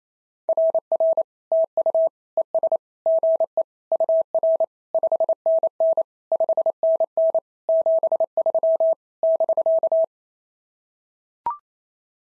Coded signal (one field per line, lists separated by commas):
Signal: Morse code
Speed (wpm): 28 wpm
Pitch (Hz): 650 Hz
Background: none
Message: RR TU ES GE UR 5NN 5NN 73 <BK>